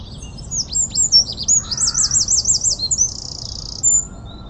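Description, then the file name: Eurasian wren song: a quick run of sharp high notes flowing into a fast, rattling trill, then a brief buzzy note. "Troglodytes troglodytes"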